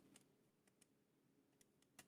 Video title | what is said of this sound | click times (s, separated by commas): Realme Buds Air Pro TWS Earbuds (Active Noise Cancellation) Unboxing, Detailed Version - Only £79.99 | look at that as well open up a very nice click there | 2.0 s